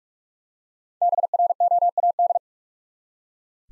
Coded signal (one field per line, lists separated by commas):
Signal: Morse code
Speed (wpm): 44 wpm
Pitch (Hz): 700 Hz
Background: none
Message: BROAD